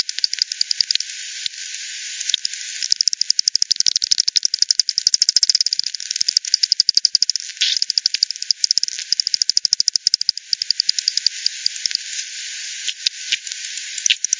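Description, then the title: Bats producing fast clicking pulse trains that swell into dense runs and ease off again, repeated across the recording. Multiple bats at the Hogsmill River, Hogsmill Lane, 7 October 2020 at 18:10; FD10 recording, band-pass filtered and resampled. "WW bat 20201007 T 18 : 10 Z-Hogsmill-Lane-Hogsmill-River-multiple-bats"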